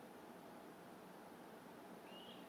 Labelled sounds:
Water Rail (Rallus aquaticus)
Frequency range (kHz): Water Rail (Rallus aquaticus) 2.3-3.5 kHz
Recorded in France

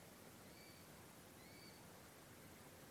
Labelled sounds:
Tawny Owl (Strix aluco)
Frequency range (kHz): Tawny Owl (Strix aluco) 1.9-5.0 kHz
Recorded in France

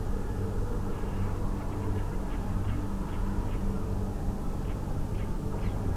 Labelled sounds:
Ortolan Bunting (Emberiza hortulana)
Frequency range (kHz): Ortolan Bunting (Emberiza hortulana) 3.2-5.3 kHz
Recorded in France

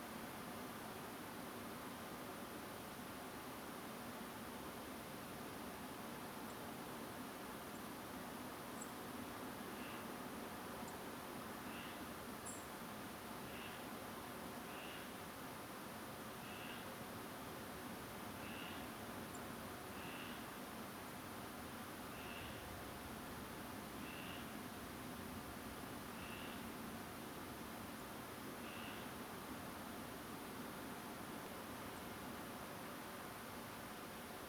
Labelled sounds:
Song Thrush (Turdus philomelos), unidentified animal sound
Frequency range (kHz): Song Thrush (Turdus philomelos) 6.6-10.5 kHz
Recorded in France

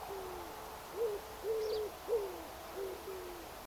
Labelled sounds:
Tawny Pipit (Anthus campestris)
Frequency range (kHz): Tawny Pipit (Anthus campestris) 3.1-6.2 kHz
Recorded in France

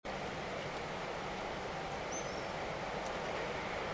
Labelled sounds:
Common Sandpiper (Actitis hypoleucos), unidentified sound
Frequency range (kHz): Common Sandpiper (Actitis hypoleucos) 4.8-6.4 kHz
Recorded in France

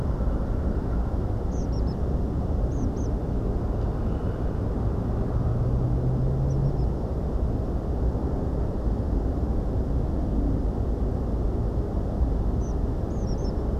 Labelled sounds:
Tree Pipit (Anthus trivialis)
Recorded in France

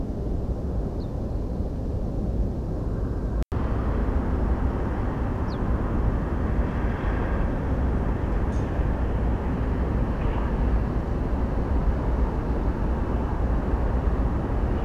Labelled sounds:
Ortolan Bunting (Emberiza hortulana)
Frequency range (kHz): Ortolan Bunting (Emberiza hortulana) 3.2-6.2 kHz
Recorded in France

